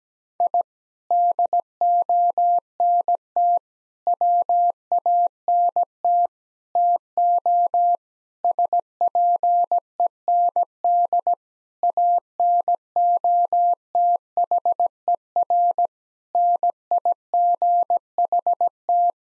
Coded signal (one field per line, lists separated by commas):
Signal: Morse code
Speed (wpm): 17 wpm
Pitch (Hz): 700 Hz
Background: none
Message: I DONT WANT TO SPEND ANOTHER NIGHT